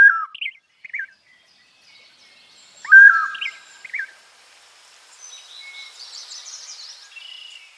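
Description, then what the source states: Bird chirps, short sharp slurred notes in small bursts, a louder group about three seconds in, then a faint, high, rapid twittering that fades toward the end. Used as a Google Pixel SMS ringtone.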